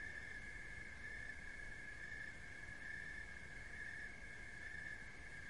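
Steady cricket trill, high and buzzy, with gentle rhythmic swells and low background noise.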